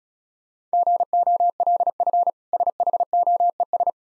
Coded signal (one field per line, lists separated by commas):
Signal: Morse code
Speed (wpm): 36 wpm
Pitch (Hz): 700 Hz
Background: none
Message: GOLF SHOES